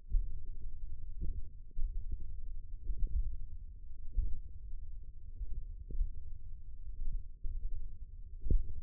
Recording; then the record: forearm muscle sounds (acoustic myography)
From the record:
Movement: tripod grip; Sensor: system 1, eight BSWA MPA416 microphones around the upper forearm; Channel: 7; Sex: male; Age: 20 years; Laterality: left